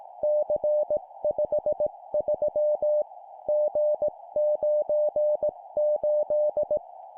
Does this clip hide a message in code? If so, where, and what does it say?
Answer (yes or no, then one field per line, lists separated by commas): yes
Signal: Morse code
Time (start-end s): 0.2-6.8 s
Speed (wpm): 18 wpm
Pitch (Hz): 600 Hz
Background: none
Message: C53 G98